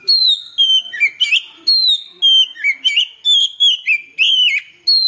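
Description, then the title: Oriental magpie-robin song: clear ringing whistles, many slurring downward, in short phrases separated by brief gaps. "Kacer5"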